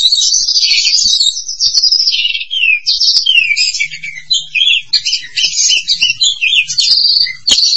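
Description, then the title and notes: Starling song, a busy run of high buzzy and chattering notes with short rising and falling phrases. "suara burung jalak"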